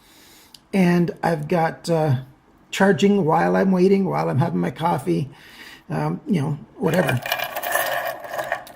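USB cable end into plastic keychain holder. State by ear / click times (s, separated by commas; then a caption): seated / 8.5 s, 8.7 s. Someone talks, then the end of a short USB charging cable is pressed into its small plastic keychain holder, giving two small clicks at 8.5 s and 8.7 s as both sides click in. The cable end is seated and holds tight.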